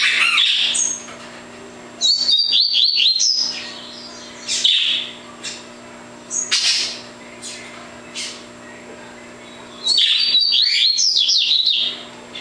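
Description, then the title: Double-collared seedeater singing: quick, sharp trilled phrases repeated several times with quiet gaps between, a faint constant hum underneath. "Canto Coleiro"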